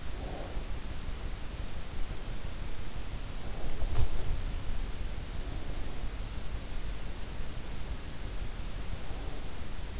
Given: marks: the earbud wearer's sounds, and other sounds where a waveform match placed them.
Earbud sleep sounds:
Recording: sounds in sleep by an in-ear microphone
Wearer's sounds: breath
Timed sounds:
0.00-1.11 s: breath

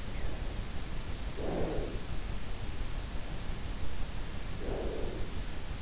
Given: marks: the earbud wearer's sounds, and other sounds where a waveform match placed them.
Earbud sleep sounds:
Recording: sounds in sleep by an in-ear microphone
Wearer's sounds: breath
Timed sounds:
0.89-2.30 s: breath
4.26-5.82 s: breath

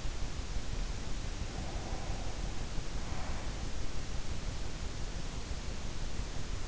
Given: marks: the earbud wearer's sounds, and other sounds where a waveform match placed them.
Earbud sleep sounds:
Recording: sounds in sleep by an in-ear microphone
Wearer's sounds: breath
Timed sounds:
1.20-3.73 s: breath

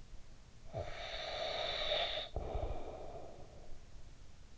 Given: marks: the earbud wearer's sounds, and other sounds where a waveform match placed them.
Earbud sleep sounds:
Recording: sounds in sleep by an in-ear microphone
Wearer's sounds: snoring breath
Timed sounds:
0.31-4.45 s: snoring breath

